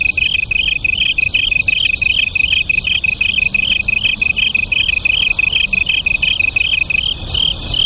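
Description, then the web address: Japanese tree cricket duet with two closely pitched high pulse series alternating steadily, a continuous rhythmic trilling over quiet low background noise. Local name kantan; two crickets singing as a duet. "sikioto insect kantanduet"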